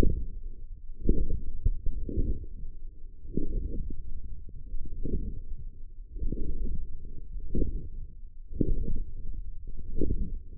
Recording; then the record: forearm muscle sounds (acoustic myography)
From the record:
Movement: forearm pronation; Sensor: system 1, eight BSWA MPA416 microphones around the upper forearm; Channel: 6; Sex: male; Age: 42 years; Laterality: right